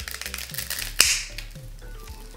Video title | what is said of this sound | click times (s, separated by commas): BLEED CONTROL KIT - SAM MEDICAL | tight enough you should hear that audible click and that locks it in place | 1.0 s